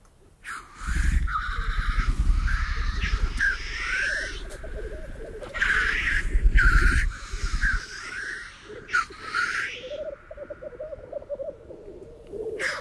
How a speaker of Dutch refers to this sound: Het is een baltsplek. Een bolderplaats van korhoenders. Een soort arena waar de mannetjes bij elkaar komen om te vechten of eerder een soort schijngevechten te houden.